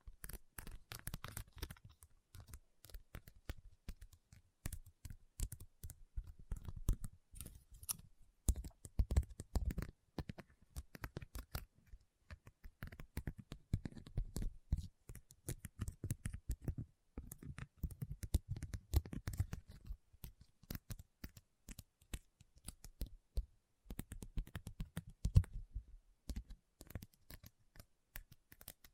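Rhinestones are tapped and scratched in a dense, uneven stream of sharp little clicks, running throughout the 29 seconds. The clicks come in quick flurries with brief thinner gaps, and heavier bursts land near 8, 12, 18 and 25 seconds.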